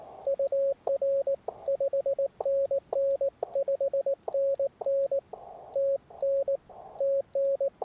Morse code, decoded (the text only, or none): UR 5NN 5NN TN TN